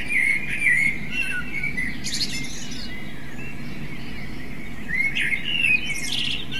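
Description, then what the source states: Common blackbird song: a fluted opening phrase, a pause, then another warbled phrase topped by a scratchy high twitter, over low rumbling noise. Device: MZ-N 710; part of a phonography compendium.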